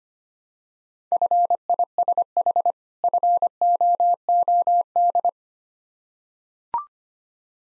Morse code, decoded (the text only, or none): FISH FOOD